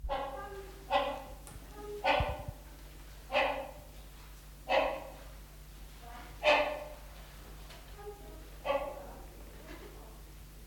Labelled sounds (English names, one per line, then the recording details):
Rhinoceros Hornbill call
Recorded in captivity
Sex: male
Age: adult
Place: Zoo Berlin, Berlin, DE
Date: 1995-04-01 11:36
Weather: bedeckt - heiter, 6 - 8°C, böiger Wind
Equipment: Marantz CP 430, Sennheiser ME 80, Kopie Uher Variocord 263
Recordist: Tembrock, Günter